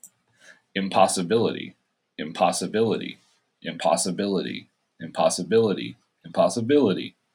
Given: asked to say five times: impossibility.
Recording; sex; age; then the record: repeated word; male; 30 to 39 years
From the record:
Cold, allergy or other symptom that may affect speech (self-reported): no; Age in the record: 30 years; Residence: Oregon, United States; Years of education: 16